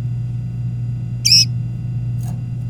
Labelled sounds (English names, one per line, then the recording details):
Domestic Canary song
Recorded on 24 April 2018 at 18:27
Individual llb3